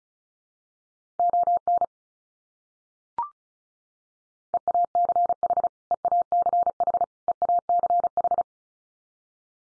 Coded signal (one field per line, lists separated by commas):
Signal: Morse code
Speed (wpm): 34 wpm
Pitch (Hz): 700 Hz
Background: none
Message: ON EACH EACH EACH